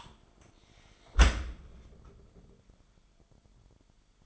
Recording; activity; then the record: daily activity, microphone in the room; close dishwasher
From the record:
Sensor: 5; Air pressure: 998.5 hPa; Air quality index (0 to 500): 80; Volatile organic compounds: 1 ppm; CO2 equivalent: 907 ppm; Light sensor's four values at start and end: 24/56/23/26 and 24/56/23/26